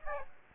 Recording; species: mosquito wingbeat signal from an infrared sensor; Aedes aegypti